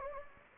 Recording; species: mosquito wingbeat signal from an infrared sensor; Anopheles gambiae